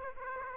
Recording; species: mosquito wingbeat signal from an infrared sensor; Aedes aegypti